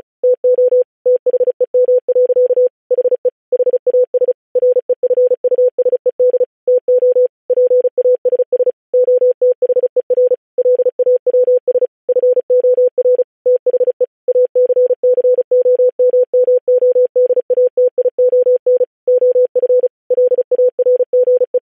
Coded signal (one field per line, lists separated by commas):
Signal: Morse code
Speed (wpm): 36 wpm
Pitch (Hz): 500 Hz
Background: none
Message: TO THEM. HE HAS REFUSED TO PASS OTHER LAWS FOR THE ACCOMMODATION OF LARGE